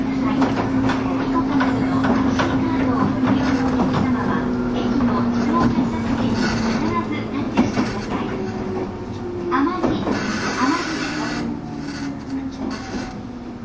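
A train runs steadily on the Bantan Line, a low motor whine slowly falling in pitch beneath rattling wheels, clicks and faint voices.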